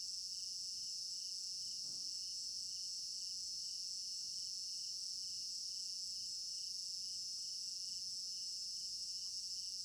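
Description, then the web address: Night crickets in a ceaseless high chorus, rapid shrill trilling with regular pulsing underneath, and one short faint knock near the start. Crickets in an African village garden at night; stereo binaural recording. "African-Village Garden Night Crickets Stereo-Binaural. immersive sound library"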